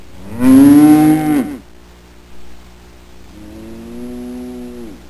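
Cow mooing: one loud drawn-out moo, then a quieter, longer moo, over a low steady hum.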